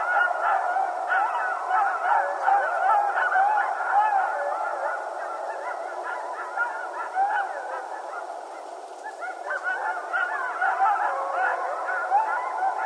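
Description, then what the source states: Coyotes yipping and howling together in a chaotic wavering chorus that dips briefly, then swells again. Several coyotes, recorded 15 January 2012.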